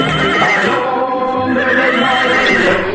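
A loud, drawn-out horse whinny with a wavering, high, shrill tone that fills the whole moment, heard alone without any talking.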